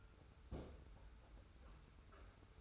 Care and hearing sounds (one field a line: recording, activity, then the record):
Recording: daily activity, microphone in the room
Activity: place on stove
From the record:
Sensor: 2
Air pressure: 991.0 hPa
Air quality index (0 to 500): 109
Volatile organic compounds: 47 ppm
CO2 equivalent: 3257 ppm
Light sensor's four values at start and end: 35/103/40/38 and 35/103/40/38